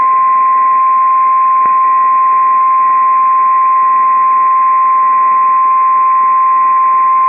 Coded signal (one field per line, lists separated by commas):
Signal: Emergency Alert System (SAME) tones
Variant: 1050 Hz attention tone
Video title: Tornado Warning (9/14/25) [EAS #306]